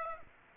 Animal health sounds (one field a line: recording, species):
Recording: mosquito wingbeat signal from an infrared sensor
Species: Aedes aegypti